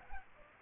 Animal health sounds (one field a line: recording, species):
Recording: mosquito wingbeat signal from an infrared sensor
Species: Aedes aegypti